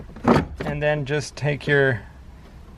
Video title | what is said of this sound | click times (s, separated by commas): Honda Fit 2007-2013 Cabin Air Filter Replacement: Instructions | you just push back in until it clicks | 0.3 s